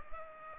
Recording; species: mosquito wingbeat signal from an infrared sensor; Culex pipiens